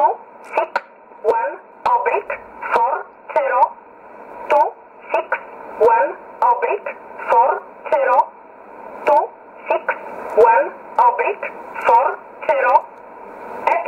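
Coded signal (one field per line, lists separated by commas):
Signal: numbers station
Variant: E11 Oblique, English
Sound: single voice reading short evenly spaced words, likely digits, through narrow radio audio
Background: radio hiss, faint carrier tones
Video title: 15 06 2020 E11 Oblique Numbers station in English 0746 on 9610 unknown tx site in USB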